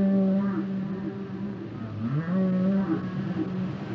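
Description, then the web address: Whale song: long low droning moans with stacked overtones, one sliding upward midway, continuing unbroken throughout. "Natures Songs Whale Songs Whales and Dolphins - whale nature sounds songs"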